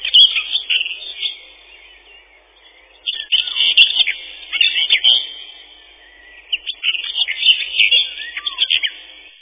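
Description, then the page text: Common whitethroat singing three short, hurried, scratchy phrases of chattering notes, separated by brief silences. "Серая славка, или славка-говорунчик — Sylvia communis"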